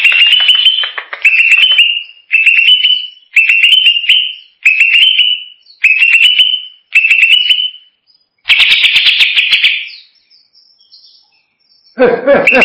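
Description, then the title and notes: Greater green leafbird song: a short whistled phrase repeated several times with brief gaps, then a longer dense burst and a harsh broad note at the end. Champion singing bird. "Kicau Burung Cucak Ijo Juara. Suara kicauan burung cucak ijo"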